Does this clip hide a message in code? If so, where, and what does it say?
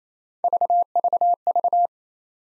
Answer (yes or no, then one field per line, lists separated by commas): no